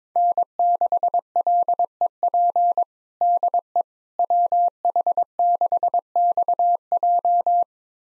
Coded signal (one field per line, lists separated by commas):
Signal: Morse code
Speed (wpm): 21 wpm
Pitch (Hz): 700 Hz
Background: none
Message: N6LEP DE WH6XJ